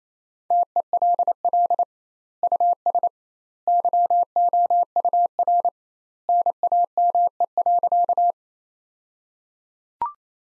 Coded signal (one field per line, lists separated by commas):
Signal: Morse code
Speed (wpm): 28 wpm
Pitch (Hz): 700 Hz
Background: none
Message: TELL US YOUR NAME.